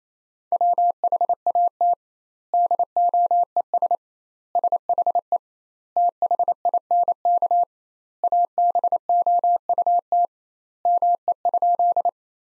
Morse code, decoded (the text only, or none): WHAT DOES SHE THINK ABOUT ME?